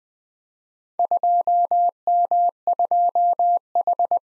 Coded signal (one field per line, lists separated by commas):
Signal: Morse code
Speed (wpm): 20 wpm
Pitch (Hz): 700 Hz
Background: none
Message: 2M2H